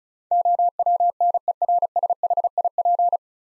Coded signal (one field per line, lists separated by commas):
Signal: Morse code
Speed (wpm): 34 wpm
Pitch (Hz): 700 Hz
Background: none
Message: OWNERSHIP